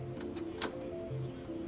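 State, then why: Seated. An ink cartridge is pushed into the carriage of an HP all-in-one printer until it latches. A short, sharp click sounds at 0.6 s over a steady tonal background, and the cartridge snaps home, seated.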